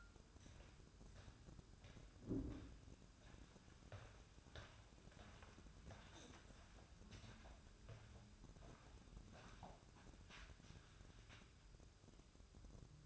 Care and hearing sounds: daily activity, microphone in the room; walk to room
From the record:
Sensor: 2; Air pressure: 1008.1 hPa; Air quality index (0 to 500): 116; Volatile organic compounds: 1 ppm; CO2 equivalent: 862 ppm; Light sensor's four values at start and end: 8/19/8/8 and 8/18/7/7

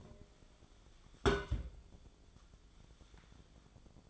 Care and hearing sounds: daily activity, microphone in the room; place on stove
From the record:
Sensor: 5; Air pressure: 1010.1 hPa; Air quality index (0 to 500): 146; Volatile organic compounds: 3 ppm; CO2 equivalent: 1426 ppm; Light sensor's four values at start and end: 260/635/270/296 and 264/640/274/301

